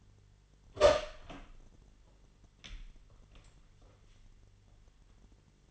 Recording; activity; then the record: daily activity, microphone in the room; open door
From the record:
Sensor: 4